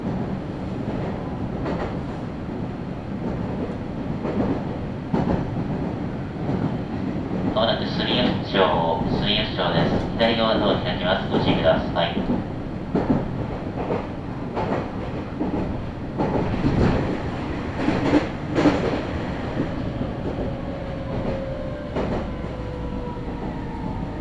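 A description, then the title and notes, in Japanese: A train journey with a steady low rumble of wheels on track throughout and rhythmic clacks at the rail joints. Between about 8 and 12 seconds a bright metallic squeal rides over the noise. Later a thin tone slowly slides downward. ガタンゴトンの旅 名古屋鉄道 阿久比→内海 普通。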